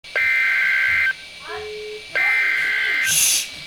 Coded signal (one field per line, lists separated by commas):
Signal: Emergency Alert System (SAME) tones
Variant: header bursts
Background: speech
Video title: Flood Warning (EAS #231)